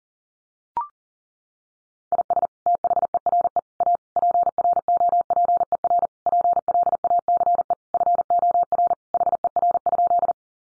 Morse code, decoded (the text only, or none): IS THERE A PROPER PLACE FOR HER?